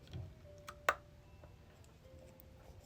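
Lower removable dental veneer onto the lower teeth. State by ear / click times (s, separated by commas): seated / 0.9 s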